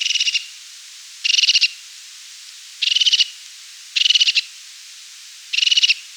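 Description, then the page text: Crested tit calling: five brief, buzzy purring trills of fast high pulses, given at irregular gaps of about a second. "Crested Tit Call. Quick Sounds"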